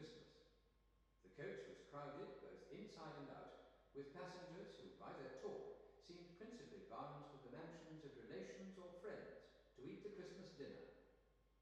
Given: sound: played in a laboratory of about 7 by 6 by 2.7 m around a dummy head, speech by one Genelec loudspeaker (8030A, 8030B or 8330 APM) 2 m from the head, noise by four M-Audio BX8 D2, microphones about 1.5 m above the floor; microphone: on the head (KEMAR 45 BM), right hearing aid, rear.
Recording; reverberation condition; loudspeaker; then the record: male speech in English; high; 60 degrees to the left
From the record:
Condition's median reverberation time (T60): about 1300 ms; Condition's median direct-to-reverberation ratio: about -4.0 dB